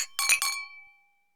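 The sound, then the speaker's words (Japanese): Glasses clink together in a wedding toast in a quick burst of several bright, high-pitched taps, then a clear ringing tone lingers and fades away. No one speaks. “乾杯。 乾杯。乾杯。”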